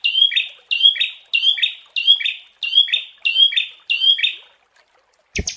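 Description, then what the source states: Prinia song: a steady run of bright, slightly falling double chirps about twice a second, ending in a sharp click and a brief buzzy note. Long-duration Indonesian 'masteran' therapy recording of the prenjak, made for training songbirds.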